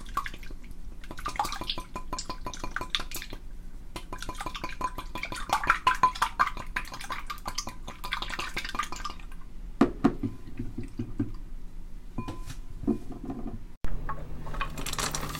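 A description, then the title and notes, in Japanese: Cooking sounds: quick, irregular clicks and taps from utensils and dishes run through the first ten seconds, with dripping water and a faint steady hum. Later the tapping thins out, then a brief knock and a cut near fourteen seconds. 調理音のみ。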